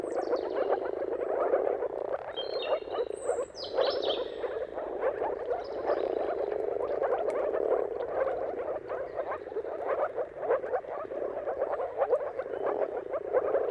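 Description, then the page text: Moor frogs in a dense mating chorus, a continuous bubbling of soft low croaks overlapping without pause, with faint bird calls above. Moor frogs in a mating chorus at sunrise at the turn of March and April, timing depending on the weather. "Dawn’s Chorus: Mating Calls of Marsh Frogs at Sunrise. Depending on the weather at the turn of March and April, you can witness an amazing spectacle of moor frogs. Jakub Orzecki. earth.fm"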